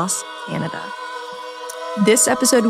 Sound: vocalization and music